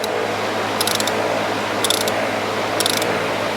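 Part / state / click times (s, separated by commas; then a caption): drain plug in motorcycle transmission case / stripped / none. A steel drain plug is ratcheted into the aluminium transmission case of a motorcycle and never gets tight, because the case threads are stripped. Three short bursts of ratchet pawl clicks are heard, at about 0.9 s, 1.9 s and 2.8 s, over a steady low hum. Nothing seats or tightens; the plug is stripped in the case.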